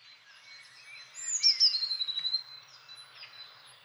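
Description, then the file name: Eurasian blue tit song, a single phrase of sharp high introductory notes running into a quick level trill, over faint background bird chatter. "Blåmeis"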